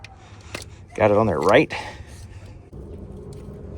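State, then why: Not seated. A push-button electrical connector is handled onto the replacement alternator of a 1994-2002 Dodge Ram 5.9 turbo diesel 2500/3500 pickup, with brief sharp handling sounds at 0.1, 0.6 and 0.6 s. Someone talks from about 1.0 to 1.7 s over a low steady background. The connector has not seated or clicked yet.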